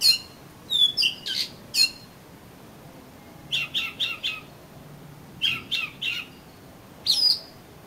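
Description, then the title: Oriental magpie-robin song: short groups of rasping whistled notes separated by pauses, ending with a single sharp note. "Kacer Kacer"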